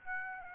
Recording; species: mosquito wingbeat signal from an infrared sensor; Aedes aegypti